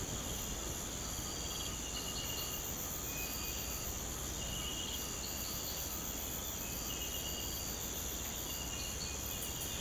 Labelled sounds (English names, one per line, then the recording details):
none
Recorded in pastures near Puerto Asís, Putumayo, Colombia, on 24 March 2025 at 05:30
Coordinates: 0.472, -76.329
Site G074